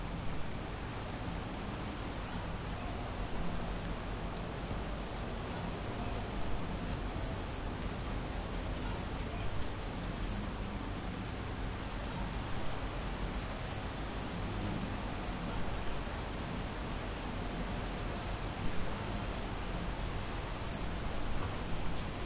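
An evening outdoor atmosphere on a tropical island, dominated by a dense, steady chorus of insects and crickets buzzing high and bright throughout. Beneath it sits a constant low rumble, with faint chirps and brief clicks scattered across the 22 seconds.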